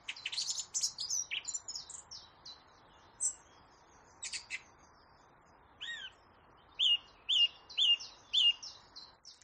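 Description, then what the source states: Song thrush song: varied phrases, starting with rapid chattering notes, then a run of four clear piping notes near the end; quiet background. Possibly a young, inexperienced male in his first breeding year, warming up with a small repertoire; repeats his phrases, here four pipes.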